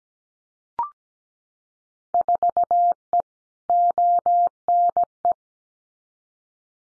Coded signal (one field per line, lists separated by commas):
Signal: Morse code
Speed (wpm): 17 wpm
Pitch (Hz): 700 Hz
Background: none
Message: 4E ONE